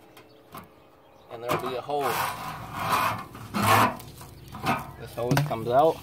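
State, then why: Not seated. A sewer hose coupling is handled at the rear bumper sewer outlet of a camper after the small cap is taken off, with the fitting pushed on and twisted so it will lock into place on two locks. Rubbing, scraping handling noises and a few sharp hits are heard while someone talks. Nothing has seated or clicked yet by the end of the clip.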